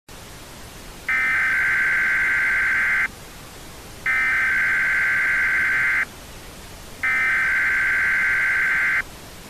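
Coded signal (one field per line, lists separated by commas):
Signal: Emergency Alert System (SAME) tones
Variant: header bursts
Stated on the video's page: Simulated EAS tornado scenario for Missouri.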